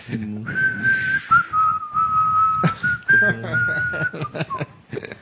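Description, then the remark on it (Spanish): A person whistles a long, steady high note for several seconds, mimicking the whistle of a burning wood fire, while voices talk over it and the tone wavers slightly before stopping. “Cuando se cocina con leña y el fuego silba, significa que va a llegar visita, viejo.”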